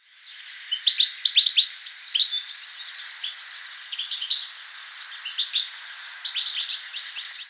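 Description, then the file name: European goldfinch, bright twittering song of rapid liquid chirps and tinkling trills, continuous with brief pauses. "Carduelis carduelis"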